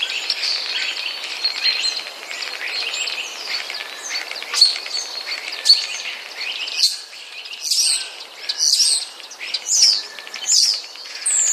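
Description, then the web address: Common starling song: a string of whistles and chatter that gives way to short sparrow-like chirps repeated roughly once a second. Common starling song containing borrowings from sparrows. "wroblowe zapozyczenia szpaki"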